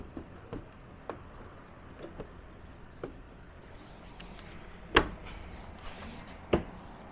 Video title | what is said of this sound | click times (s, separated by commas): THE MOST EXPENSIVE VOLKWAGEN POLO GTI SALVAGE WE BOUGHT FROM COPART - REPAIRED REBUILT TRANSFROMED. | You hear them? Just click in | 5.0 s, 6.5 s